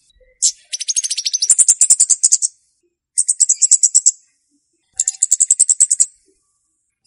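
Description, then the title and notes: Flowerpecker song: three long runs of fast, high-pitched ticking notes, the first starting lower and stepping up in pitch. Song used to lure birds (pikat); local names Kemade, Cabe Cabean. "Kicau Untuk Pancing Burung Kemade ( Cabe Cabean). Suara Burung Cabe Cabean Pikat"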